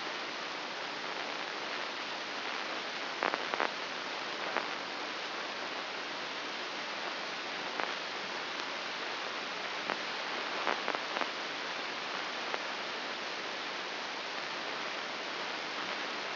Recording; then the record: brain microelectrode recording played as sound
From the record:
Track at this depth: inside the subthalamic nucleus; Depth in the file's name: 5.801 mm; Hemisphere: right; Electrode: 2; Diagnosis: Parkinson's disease